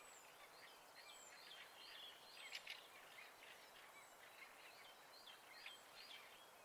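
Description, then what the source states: Bird song chorus of soft, high twittering notes and brief whistles scattered across the recording, a few louder chirps midway, over constant low hiss. Birds singing at night in spring.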